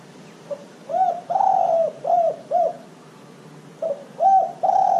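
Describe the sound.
Dove cooing: a brief soft note, a short coo, a long coo and two short falling coos, then a pause and a new phrase starting.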